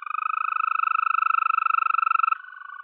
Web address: Green Toad